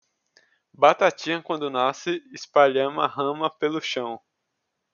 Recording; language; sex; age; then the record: short text; Brazilian Portuguese; male; 20 to 29 years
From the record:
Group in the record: control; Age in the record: 24 years